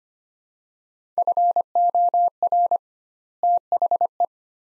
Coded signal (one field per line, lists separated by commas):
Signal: Morse code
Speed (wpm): 25 wpm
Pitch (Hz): 700 Hz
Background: none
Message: FOR THE